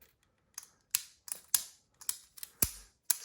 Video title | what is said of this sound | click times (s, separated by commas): Leatherman Free P4 Unboxing | that makes it snap into place very very nicely there | 0.9 s, 1.6 s, 2.6 s, 3.1 s